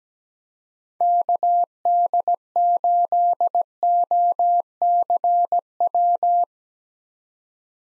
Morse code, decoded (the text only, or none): KD8OCW